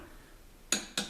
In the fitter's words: you go, got a click.